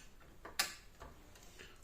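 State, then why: Seated. The plastic push-pin feet of a CPU cooler fan are turned clockwise to close and lock them into the motherboard holes. A faint tick at 0.5 s is followed by a sharp, bright click at 0.6 s as a pin locks, with softer ticks after. The cooler feet are seated and locked.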